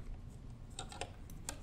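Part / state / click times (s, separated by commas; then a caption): car stereo head unit into its metal mounting sleeve / not seated / none. A Boss MR1308 single-DIN head unit is handled while being lined up with the alignment clips on the sides, top and bottom of its metal mounting sleeve. Faint scraping and a few short ticks are heard, including sharp ones at 1.0 s and 1.5 s. The unit has not yet been pushed home, and nothing has seated or clicked into place yet.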